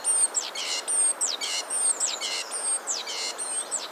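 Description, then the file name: Great tit calling in a repeated sequence, a thin high slurred note followed by rasping buzzy notes, the pattern recurring several times. "Parus major"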